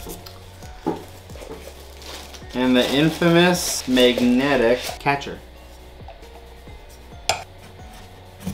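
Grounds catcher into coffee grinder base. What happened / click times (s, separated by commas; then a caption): The magnetic metal catcher snapped into place / 7.3 s. A metal grounds catcher is set under the spout of a Fellow Ode coffee grinder base, where a magnet pulls it home. Someone talks, then the catcher seats with a short, sharp knock at 7.3 s. It clicks less than expected.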